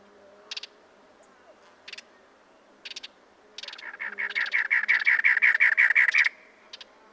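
Cactus wren singing a rough, churring series of repeated harsh notes, growing louder, preceded and followed by a few short scratchy bursts.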